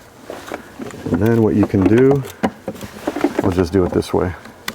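A stock plastic wiring harness connector is handled at the mating plug of an inline control module under a truck dash while someone talks. A few short handling taps sound, but nothing has seated or clicked yet.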